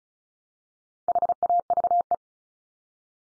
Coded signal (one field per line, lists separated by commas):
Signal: Morse code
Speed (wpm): 34 wpm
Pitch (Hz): 700 Hz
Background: none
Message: HAVE